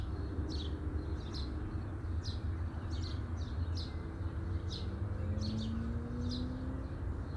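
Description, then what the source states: Bird chirping: short, sharp downward chirps repeated at short intervals over a steady low rumble. Recorded at midday.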